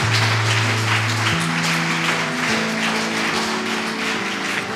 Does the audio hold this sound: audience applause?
yes